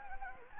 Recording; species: mosquito wingbeat signal from an infrared sensor; Anopheles gambiae